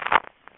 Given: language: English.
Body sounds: throat vibration sensor signal played as sound; swallow

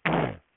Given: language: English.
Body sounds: throat vibration sensor signal played as sound; throat clearing

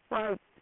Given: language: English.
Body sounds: throat vibration sensor signal played as sound; speech

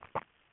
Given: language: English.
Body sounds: throat vibration sensor signal played as sound; swallow

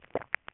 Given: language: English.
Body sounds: throat vibration sensor signal played as sound; swallow

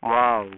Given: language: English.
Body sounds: throat vibration sensor signal played as sound; speech

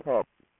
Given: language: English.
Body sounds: throat vibration sensor signal played as sound; speech

